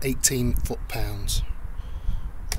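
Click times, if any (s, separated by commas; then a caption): 2.5 s. A torque wrench set to 25 Nm tightens the oil filter housing cap on a Volvo D5 diesel engine. Someone talks over it, and then the wrench gives a sharp click at 2.5 s. The click confirms the cap has reached the set torque.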